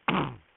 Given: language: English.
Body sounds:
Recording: throat vibration sensor signal played as sound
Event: throat clearing

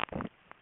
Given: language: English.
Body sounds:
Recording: throat vibration sensor signal played as sound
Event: swallow

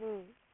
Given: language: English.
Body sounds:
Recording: throat vibration sensor signal played as sound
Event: speech

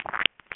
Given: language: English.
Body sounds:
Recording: throat vibration sensor signal played as sound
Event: swallow

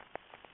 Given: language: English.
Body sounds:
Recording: throat vibration sensor signal played as sound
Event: swallow

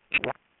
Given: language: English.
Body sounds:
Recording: throat vibration sensor signal played as sound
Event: swallow

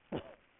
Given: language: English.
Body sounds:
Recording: throat vibration sensor signal played as sound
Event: cough

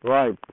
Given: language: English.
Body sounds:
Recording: throat vibration sensor signal played as sound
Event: speech

